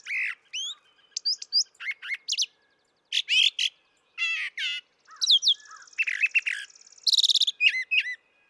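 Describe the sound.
Brown thrasher song: loud, varied phrases of sweeping whistles and harsh notes, many given in quick pairs, with short pauses and a buzzy trill near the end.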